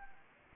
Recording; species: mosquito wingbeat signal from an infrared sensor; Anopheles arabiensis